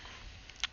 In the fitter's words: nice soft gentle click in.